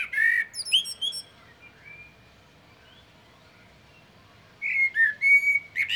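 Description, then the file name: Common blackbird song: a fluted phrase with high squeaky notes opens, a long lull with faint whistles follows, then another warbled phrase with a thin high ending. "Turdus merula"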